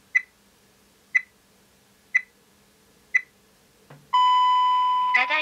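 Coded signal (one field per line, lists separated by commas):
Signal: radio time signal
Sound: four short high pips one second apart, then a longer tone, then a brief voice-like sound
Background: quiet room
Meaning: The start of the long final pip marks the exact time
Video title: Time Signal for iPhone-Today's App No.496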